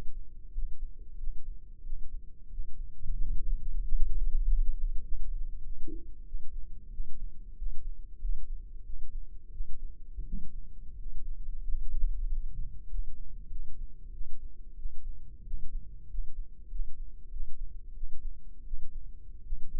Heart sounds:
heart sounds by microphone in the left ear; 92 bpm
0.49 s: heartbeat
1.15 s: heartbeat
1.81 s: heartbeat
2.47 s: heartbeat
3.15 s: heartbeat
3.79 s: heartbeat
4.40 s: heartbeat
5.00 s: heartbeat
5.60 s: heartbeat
6.23 s: heartbeat
6.88 s: heartbeat
7.54 s: heartbeat
8.17 s: heartbeat
8.81 s: heartbeat
9.49 s: heartbeat
10.22 s: heartbeat
10.94 s: heartbeat
11.60 s: heartbeat
12.25 s: heartbeat
12.86 s: heartbeat
13.47 s: heartbeat
14.09 s: heartbeat
14.74 s: heartbeat
15.42 s: heartbeat
16.06 s: heartbeat
16.67 s: heartbeat
17.28 s: heartbeat
17.92 s: heartbeat
18.62 s: heartbeat
19.41 s: heartbeat
From the record:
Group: healthy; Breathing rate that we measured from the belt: 15 breaths a minute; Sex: male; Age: 21 years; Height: 180 cm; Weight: 67.5 kg

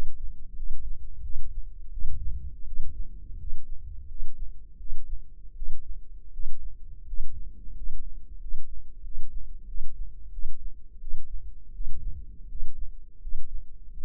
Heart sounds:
heart sounds by microphone in the left ear; 85 bpm
0.55 s: heartbeat
1.22 s: heartbeat
1.90 s: heartbeat
2.65 s: heartbeat
3.37 s: heartbeat
4.07 s: heartbeat
4.77 s: heartbeat
5.54 s: heartbeat
6.31 s: heartbeat
7.05 s: heartbeat
7.73 s: heartbeat
8.38 s: heartbeat
9.02 s: heartbeat
9.66 s: heartbeat
10.31 s: heartbeat
10.99 s: heartbeat
11.72 s: heartbeat
12.47 s: heartbeat
13.19 s: heartbeat
13.93 s: heartbeat
From the record:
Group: healthy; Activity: rest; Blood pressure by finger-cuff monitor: 135/75 mmHg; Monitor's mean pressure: 89 mmHg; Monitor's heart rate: 87 bpm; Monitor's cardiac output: 7.8 L/min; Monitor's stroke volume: 90 mL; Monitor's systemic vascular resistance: 830 dyn s/cm5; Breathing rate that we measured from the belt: 13 breaths a minute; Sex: male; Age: 23 years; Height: 179 cm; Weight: 87 kg

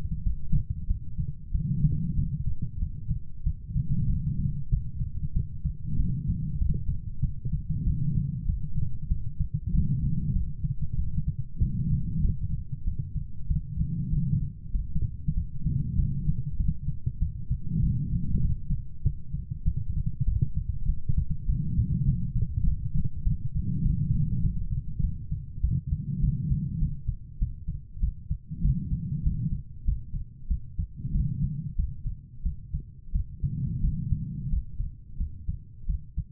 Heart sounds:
heart sounds by stethoscope; 96 bpm
0.23 s: heartbeat
0.87 s: heartbeat
1.51 s: heartbeat
2.16 s: heartbeat
2.79 s: heartbeat
3.43 s: heartbeat
4.07 s: heartbeat
4.70 s: heartbeat
5.33 s: heartbeat
5.96 s: heartbeat
6.58 s: heartbeat
7.21 s: heartbeat
7.84 s: heartbeat
8.46 s: heartbeat
9.08 s: heartbeat
9.71 s: heartbeat
10.33 s: heartbeat
10.95 s: heartbeat
11.59 s: heartbeat
12.21 s: heartbeat
12.84 s: heartbeat
13.47 s: heartbeat
14.10 s: heartbeat
14.71 s: heartbeat
15.34 s: heartbeat
15.96 s: heartbeat
16.57 s: heartbeat
17.19 s: heartbeat
17.80 s: heartbeat
18.41 s: heartbeat
19.02 s: heartbeat
19.64 s: heartbeat
20.25 s: heartbeat
20.86 s: heartbeat
21.46 s: heartbeat
22.05 s: heartbeat
22.64 s: heartbeat
23.23 s: heartbeat
23.83 s: heartbeat
24.41 s: heartbeat
25.01 s: heartbeat
25.61 s: heartbeat
26.20 s: heartbeat
26.79 s: heartbeat
27.39 s: heartbeat
28.00 s: heartbeat
28.61 s: heartbeat
29.23 s: heartbeat
29.85 s: heartbeat
30.48 s: heartbeat
31.12 s: heartbeat
31.76 s: heartbeat
32.43 s: heartbeat
33.12 s: heartbeat
33.81 s: heartbeat
34.49 s: heartbeat
35.17 s: heartbeat
35.86 s: heartbeat
From the record:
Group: healthy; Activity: light exercise 0-26 s, rest 26-36 s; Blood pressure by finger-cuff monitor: 110/75 mmHg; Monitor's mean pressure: 85 mmHg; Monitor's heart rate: 97 bpm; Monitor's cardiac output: 6.8 L/min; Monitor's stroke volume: 71 mL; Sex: female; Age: 32 years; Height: 172 cm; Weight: 71.7 kg

